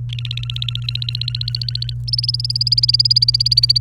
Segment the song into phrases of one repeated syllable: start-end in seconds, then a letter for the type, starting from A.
0.09-1.94 A, 2.08-3.78 B